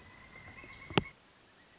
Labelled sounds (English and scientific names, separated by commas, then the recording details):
Pileated Woodpecker (Dryocopus pileatus)
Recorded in Sonoma County, California